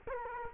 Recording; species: mosquito wingbeat signal from an infrared sensor; Culex quinquefasciatus